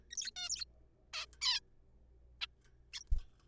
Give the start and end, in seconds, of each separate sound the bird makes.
0.11-0.15, 0.15-0.31, 0.36-0.48, 0.50-0.65, 1.13-1.26, 1.42-1.59, 2.41-2.46, 2.94-3.04